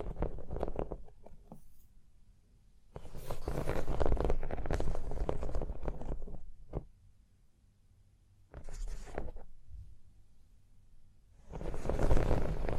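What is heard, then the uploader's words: Scratching and tracing on a surface comes in bursts: a stretch of quick strokes at the start, a long dense scrape from about three to six seconds, then shorter passes near nine seconds and at the end. Low rumbling fills the quiet gaps between bursts. Hypnotic Surface Tapping, Scratching, Tracing Sounds.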